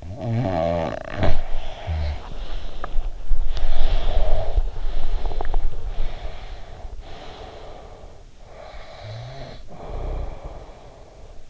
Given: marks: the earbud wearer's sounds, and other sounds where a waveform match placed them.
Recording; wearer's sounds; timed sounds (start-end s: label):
sounds in sleep by an in-ear microphone; snoring breath, body movement, breath, teeth grinding
0.00-3.00 s: snoring breath
1.88-7.90 s: body movement
3.46-5.72 s: breath
5.22-5.80 s: teeth grinding
5.88-8.27 s: breath
8.43-11.50 s: snoring breath